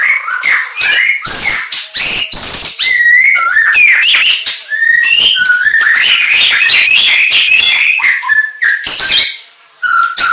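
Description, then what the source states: White-rumped shama song of loud fluty whistles mixed with fast trills, rasps and high wavering notes, delivered in a rapid, nearly continuous stream. Aceh variety of white-rumped shama.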